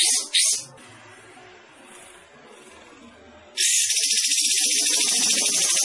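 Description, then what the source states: Bulbul song: brief sharp bursts at the start, a quiet stretch, then a steady, rapid, buzzy high-pitched trill to the end. Singing actively, described as gacor.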